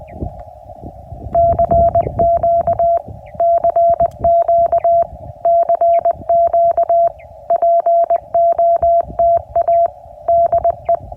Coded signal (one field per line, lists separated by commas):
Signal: Morse code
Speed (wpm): 20 wpm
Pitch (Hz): 680 Hz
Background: none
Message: CQ CQ CQ POTA DE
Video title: CW POTA Activation US-11645